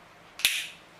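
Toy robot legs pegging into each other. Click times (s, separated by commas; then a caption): 0.4 s. The two plastic legs of a transforming robot toy are pressed together to form the lower body, and they peg in very tightly. A brief rise in sound at 0.4 s leads into one sharp, bright snap at 0.5 s. The legs seat firmly together.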